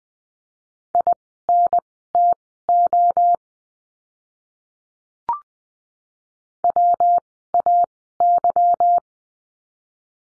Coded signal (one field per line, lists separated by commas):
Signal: Morse code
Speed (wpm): 20 wpm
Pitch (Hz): 700 Hz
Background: none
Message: INTO WAY